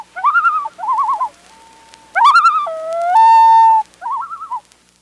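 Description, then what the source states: Loon calls: wavering tremolo phrases alternating with long, pure sustained wails that step between pitches, with a final quavering phrase. Dated 22 June 1987.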